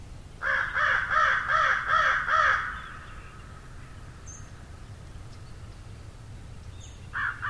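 Crow cawing: a fast run of several harsh, nasal caws in about two seconds, then quiet, with a further caw starting at the very end.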